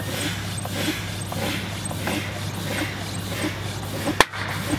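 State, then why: Seated. Air is pushed with an ordinary pump into a tubeless mountain bike tyre fitted with a foam insert on a carbon rim, giving steady repeated pumping strokes over a constant low hum. A loud, sharp pop at 4.2 s marks the tyre bead locking onto the rim, and the tyre is seated.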